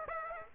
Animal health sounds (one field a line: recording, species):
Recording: mosquito wingbeat signal from an infrared sensor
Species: Aedes aegypti